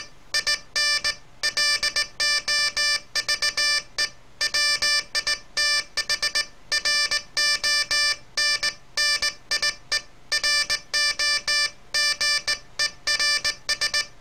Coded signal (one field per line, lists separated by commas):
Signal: Morse code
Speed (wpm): 18 wpm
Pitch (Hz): 1750 Hz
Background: none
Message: IN LOVE WITH RONNIE ROGERS